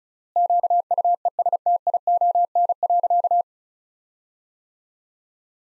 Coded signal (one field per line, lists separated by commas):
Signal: Morse code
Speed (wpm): 36 wpm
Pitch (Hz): 700 Hz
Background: none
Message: QUESTION.